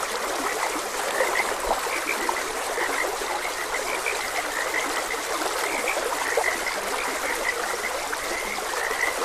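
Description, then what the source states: Frogs croaking in a steady chorus, many short notes overlapping continuously over a constant rushing stream. Frogs croaking beside a gentle stream.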